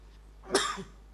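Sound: speaker coughing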